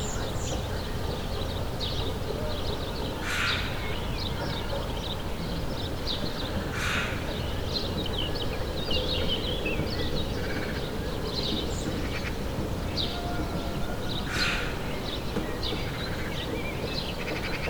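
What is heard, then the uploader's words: Village birds call and chirp in the morning over a steady low rumble, with brief louder bursts near 3, 7 and 14 seconds. Morning Birds in the Village.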